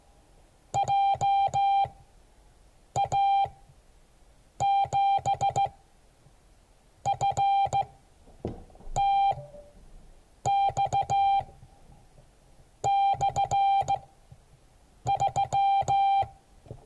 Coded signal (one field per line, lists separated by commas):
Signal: Morse code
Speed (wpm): 15 wpm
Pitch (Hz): 790 Hz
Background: none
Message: JA7FTX/3